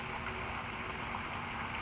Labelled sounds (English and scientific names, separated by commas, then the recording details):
California Towhee (Melozone crissalis)
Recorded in Sonoma County, California